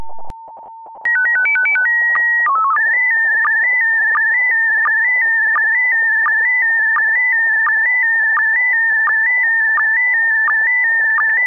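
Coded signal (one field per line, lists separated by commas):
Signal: SSTV (slow-scan television)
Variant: PD 90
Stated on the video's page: Slow scan radio transmission.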